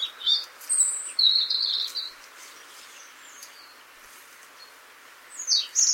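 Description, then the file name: European robin song, high thin whistles and a short warbled phrase near the start, then quiet, then another high bright burst at the end. "Erithacus rubecula"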